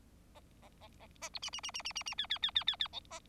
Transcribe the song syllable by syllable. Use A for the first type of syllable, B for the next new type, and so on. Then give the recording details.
A A A A A B C C C C C C C D D D D D D E A. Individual Bird4